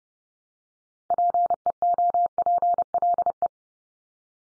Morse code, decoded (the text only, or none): PEOPLE